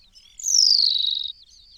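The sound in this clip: New Zealand pipit call: one piercing, high note that drops smoothly in pitch over nearly a second, with faint chirps before and after.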